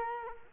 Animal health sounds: mosquito wingbeat signal from an infrared sensor; Culex quinquefasciatus

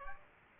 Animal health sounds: mosquito wingbeat signal from an infrared sensor; Aedes aegypti

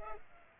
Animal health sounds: mosquito wingbeat signal from an infrared sensor; Culex pipiens

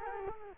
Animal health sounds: mosquito wingbeat signal from an infrared sensor; Culex quinquefasciatus

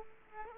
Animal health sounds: mosquito wingbeat signal from an infrared sensor; Aedes aegypti

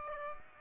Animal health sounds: mosquito wingbeat signal from an infrared sensor; Aedes aegypti

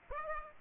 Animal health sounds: mosquito wingbeat signal from an infrared sensor; Aedes aegypti

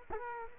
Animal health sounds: mosquito wingbeat signal from an infrared sensor; Culex quinquefasciatus

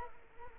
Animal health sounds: mosquito wingbeat signal from an infrared sensor; Culex quinquefasciatus

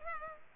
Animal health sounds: mosquito wingbeat signal from an infrared sensor; Culex pipiens

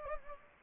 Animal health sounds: mosquito wingbeat signal from an infrared sensor; Anopheles gambiae

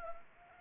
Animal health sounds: mosquito wingbeat signal from an infrared sensor; Anopheles gambiae

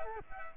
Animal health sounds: mosquito wingbeat signal from an infrared sensor; Culex quinquefasciatus

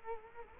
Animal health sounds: mosquito wingbeat signal from an infrared sensor; Culex quinquefasciatus

